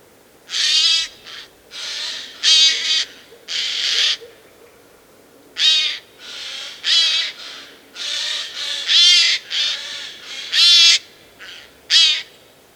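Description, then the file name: Eurasian jay giving harsh, rasping screeches, a series of hoarse bursts in two clusters with a short pause between. "Garrulus glandarius"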